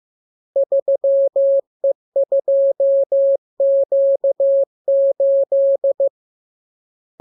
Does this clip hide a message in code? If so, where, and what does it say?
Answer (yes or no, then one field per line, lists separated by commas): yes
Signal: Morse code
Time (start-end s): 0.6-6.1 s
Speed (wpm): 15 wpm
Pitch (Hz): 550 Hz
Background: none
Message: 3E2Q8